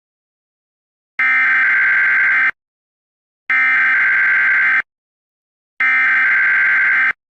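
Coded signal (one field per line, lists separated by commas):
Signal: Emergency Alert System (SAME) tones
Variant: header bursts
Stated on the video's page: Fictional EAS scenario, not a real alert.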